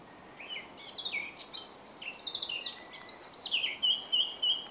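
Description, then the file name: Eurasian blackcap song: a soft scratchy warble that builds into a loud, clear fluty ending of repeated whistled notes, over a steady hiss. "Sylvia atricapilla"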